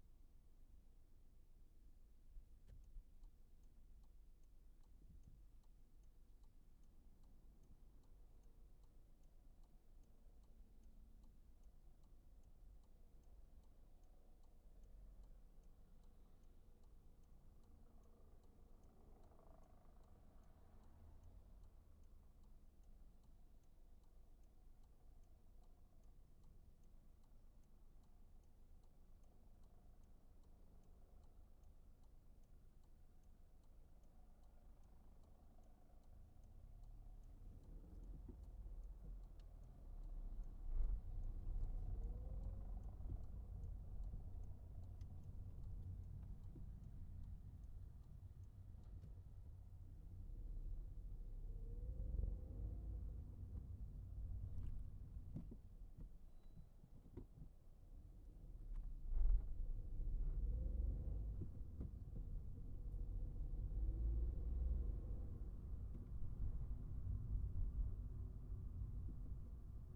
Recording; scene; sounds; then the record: everyday scene through a hearing-aid microphone; in a vehicle; engine, traffic, helicopter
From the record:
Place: Skoda Fabia, gasoline engine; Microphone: behind the ear, right, rear